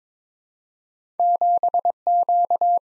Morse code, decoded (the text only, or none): 7Q